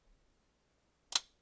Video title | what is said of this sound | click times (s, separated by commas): MERCEDES-BENZ C-CLASS AMG Remote Key Fob Battery Replacement - How To Change Replace Key Batteries | that and then that snaps on | 1.2 s